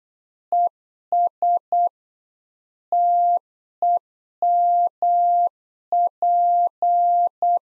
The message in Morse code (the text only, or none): ES TEMP